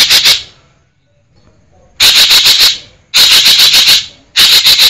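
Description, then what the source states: Green magpie uttering quick series of rasping, chattering notes in closely spaced bursts, after a brief quiet spell near the start. Variations of green magpie vocalisations, called ekek geling in Indonesian.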